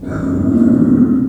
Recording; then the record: squeal of a Yucatan mini pig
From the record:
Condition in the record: after surgery on the right vocal fold (resection and tissue-engineered implant); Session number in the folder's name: 5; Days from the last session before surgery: 33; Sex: female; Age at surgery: 19 weeks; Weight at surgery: 25 kg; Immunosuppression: prednisolone